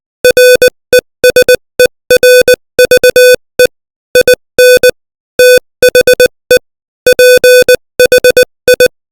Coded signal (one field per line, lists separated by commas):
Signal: Morse code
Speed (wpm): 20 wpm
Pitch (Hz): 500 Hz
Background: music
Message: RESERVE IN THE PHI